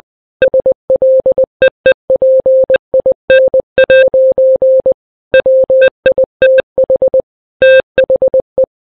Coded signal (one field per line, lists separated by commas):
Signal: Morse code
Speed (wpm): 20 wpm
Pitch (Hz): 520 Hz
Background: none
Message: SLEEPIN' WITH THE